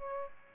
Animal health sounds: mosquito wingbeat signal from an infrared sensor; Aedes aegypti

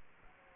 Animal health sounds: mosquito wingbeat signal from an infrared sensor; Aedes aegypti

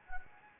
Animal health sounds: mosquito wingbeat signal from an infrared sensor; Anopheles gambiae

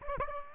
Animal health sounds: mosquito wingbeat signal from an infrared sensor; Aedes aegypti

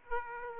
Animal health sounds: mosquito wingbeat signal from an infrared sensor; Aedes aegypti

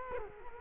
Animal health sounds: mosquito wingbeat signal from an infrared sensor; Culex quinquefasciatus

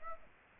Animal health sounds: mosquito wingbeat signal from an infrared sensor; Aedes aegypti

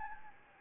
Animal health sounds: mosquito wingbeat signal from an infrared sensor; Anopheles gambiae

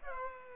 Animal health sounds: mosquito wingbeat signal from an infrared sensor; Culex pipiens

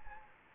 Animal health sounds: mosquito wingbeat signal from an infrared sensor; Anopheles gambiae

